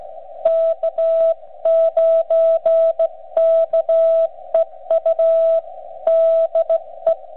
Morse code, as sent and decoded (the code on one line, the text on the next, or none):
-.- ----. -.- . ..- / -.. .
K9KEU DE